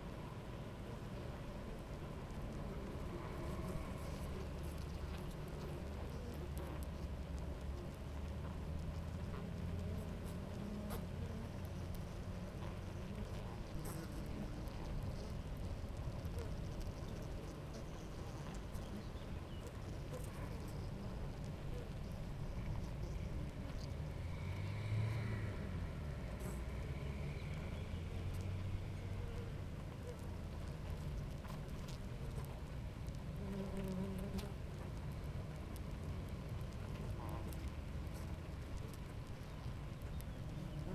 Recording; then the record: honeybee colony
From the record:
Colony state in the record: active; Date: 28 July 2017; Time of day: 9:29